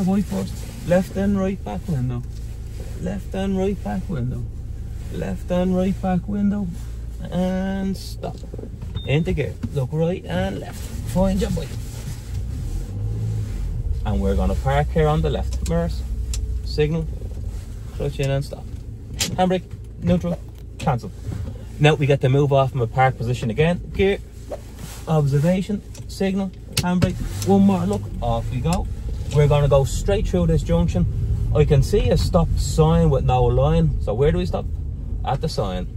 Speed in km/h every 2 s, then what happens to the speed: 0, 0, 0, 0, 0, 0, 0, 4, 6, 0, 0, 0, 0, 0, 5, 15, 15, 6.
0-12 standing. 12-15 pulls away to 6. 17-27 standing. 27-30 pulls away to 15. 32-36 slows to 6.